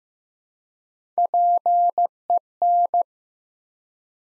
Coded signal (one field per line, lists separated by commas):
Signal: Morse code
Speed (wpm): 15 wpm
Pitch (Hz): 700 Hz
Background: none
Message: PEN